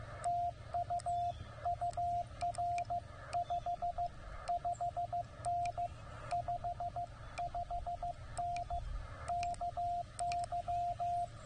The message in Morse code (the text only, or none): TU UR 5 5N 55N KY